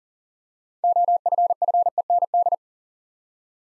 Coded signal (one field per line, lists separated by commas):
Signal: Morse code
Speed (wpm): 40 wpm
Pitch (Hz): 700 Hz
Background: none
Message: OFFEND